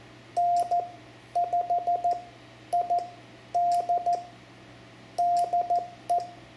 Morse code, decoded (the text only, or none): N5ID DE